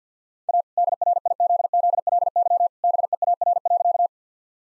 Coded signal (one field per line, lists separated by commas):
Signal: Morse code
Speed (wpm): 50 wpm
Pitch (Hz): 700 Hz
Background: none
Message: A DRIZZLY BEAR.